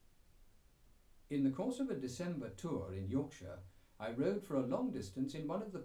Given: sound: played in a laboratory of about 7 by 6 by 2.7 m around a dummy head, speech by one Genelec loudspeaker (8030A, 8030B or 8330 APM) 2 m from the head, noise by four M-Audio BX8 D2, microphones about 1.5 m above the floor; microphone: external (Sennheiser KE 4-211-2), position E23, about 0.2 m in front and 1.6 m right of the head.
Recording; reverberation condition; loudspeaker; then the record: male speech in English; low; 30 degrees to the right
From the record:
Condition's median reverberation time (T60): about 310 ms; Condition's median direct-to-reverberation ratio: about 3.5 dB